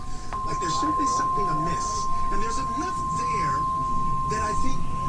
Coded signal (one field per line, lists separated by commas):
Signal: Emergency Alert System (SAME) tones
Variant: 1050 Hz attention tone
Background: speech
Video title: EAS 34 Severe Thunderstorm Warning for Williamson, Burnet (TX)